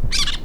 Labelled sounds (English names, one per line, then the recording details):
Brown-throated Parakeet contact call
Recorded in La Tortuga
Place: Isla La Tortuga
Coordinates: 10.925, -65.258